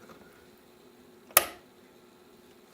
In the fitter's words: and it should snap into place.